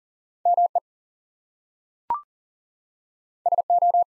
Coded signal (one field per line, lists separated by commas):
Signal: Morse code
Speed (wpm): 39 wpm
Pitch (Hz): 700 Hz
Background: none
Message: ME SO